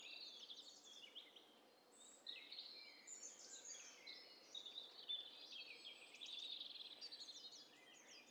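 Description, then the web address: Birds: several calling at once, busy high twittering and short whistled notes overlapping throughout, with soft background hiss. Several birds calling at once, in hi-fi stereo. "Hi Fi STEREO BIRD COCKTAIL PARTY Challenge"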